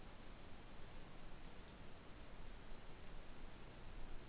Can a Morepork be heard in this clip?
no